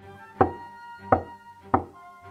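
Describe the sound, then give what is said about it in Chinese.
Someone outside knocks on a door three unhurried times, the knocks evenly spaced about two-thirds of a second apart, each a sharp, solid thud heard over a soft, steady musical drone. “苍红观主头大如斗，正想喝止，门外传来敲门声。”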